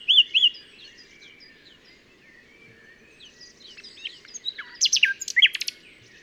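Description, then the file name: Common nightingale song, mostly soft and scattered: a couple of loud notes at the start, faint warbling, then a brief louder cluster of sharp notes near the end. "Luscinia megarhynchos"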